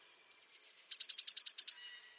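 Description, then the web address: Eurasian blue tit calling once: three thin, high, slightly falling notes leading straight into a fast trill of about eight bright, evenly spaced notes. "cianscape birddata Deverinetal 2025 File origin Bird Only Cy Ca"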